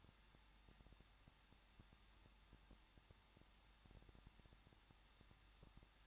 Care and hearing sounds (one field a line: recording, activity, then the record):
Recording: daily activity, microphone in the room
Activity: no activity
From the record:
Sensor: 3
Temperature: 21.2 degrees Celsius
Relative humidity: 36.2%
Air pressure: 1006.5 hPa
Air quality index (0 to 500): 220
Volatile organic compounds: 39 ppm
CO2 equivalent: 3131 ppm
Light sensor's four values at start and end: 2/3/2/2 and 2/3/2/2